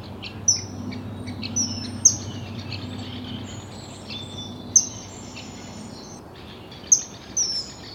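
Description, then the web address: Common kingfisher calls, sharp, piercing high whistles given singly at irregular intervals over a low steady background hum. Call; recorded April 2025. "geluiden ijsvogel roep april 2025"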